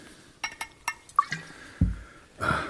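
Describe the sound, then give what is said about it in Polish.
Glass clinks and taps in quick succession, followed by a low gurgle of strong homemade liqueur being poured into a glass and a brief bright splashing fill at the end. “Ja najpierw się napijmy. Nalewka mojej roboty.”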